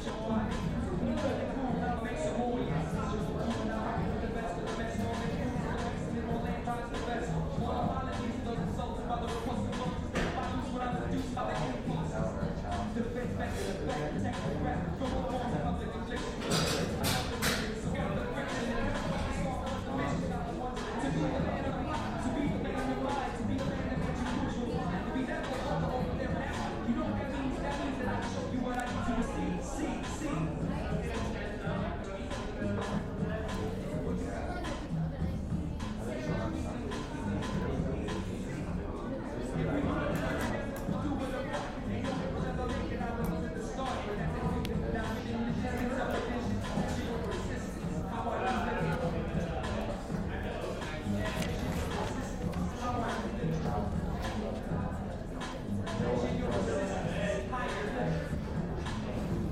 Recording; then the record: background sound without coughing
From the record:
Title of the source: 60 minutes of coffee shop sounds for study and concentration